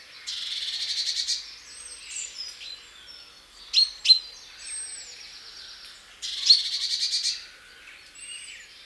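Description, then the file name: Great tit scolding churr: a harsh rattling burst, a pause with a couple of sharp ticks and faint thin notes, then another buzzy churr. "Parus major"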